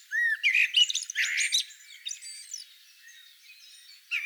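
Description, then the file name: Eurasian blackbird giving a brief loud cluster of squeaky, strained notes, then near quiet before one last short squeak. "Turdus merula"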